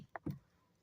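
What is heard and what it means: On a 2011-13 Kia Optima, the released side of the driver airbag module is pressed back into the steering wheel, and its retaining pin clip re-engages with a single sharp snap at 0.2 s. A duller thud follows at about 0.3 s. The module is seated back in the clip.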